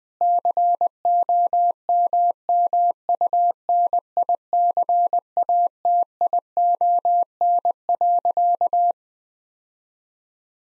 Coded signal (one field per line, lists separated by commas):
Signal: Morse code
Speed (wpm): 20 wpm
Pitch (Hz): 700 Hz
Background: none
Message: COMMUNICATION.